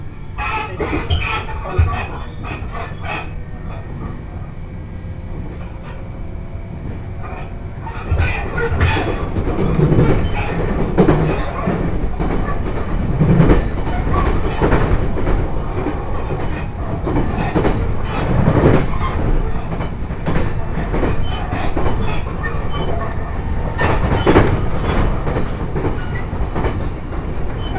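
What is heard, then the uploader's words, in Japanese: A ride on the Joban Line train from Sendai toward Hamayoshida, with a steady low rumble of the carriage throughout. Around eight seconds the noise grows louder and rougher, with repeated clacks and thumps from the track, and a faint tone hovers briefly early on. 鉄道旅 常磐線 仙台→浜吉田。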